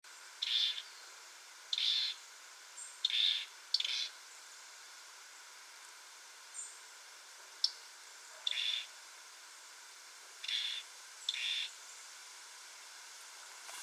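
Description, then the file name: European robin calls, short sharp high notes given singly or in pairs, spaced irregularly a second or more apart against a faint steady hiss. "Erithacus rubecula"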